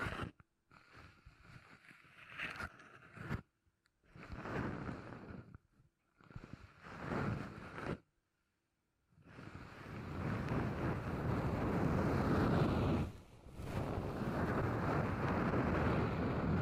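Beeswax is handled in short rustling, crackling bursts, separated by brief silences during the first eight seconds. After a pause near nine seconds, a steadier, denser scraping and crinkling runs to the end, dipping briefly around thirteen seconds before resuming.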